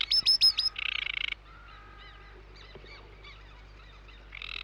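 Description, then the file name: Sedge Warbler song, a few high whistled slurs and a rasping buzz, then a quiet pause with soft notes before another harsh burst. "De Vogels - Rietzanger"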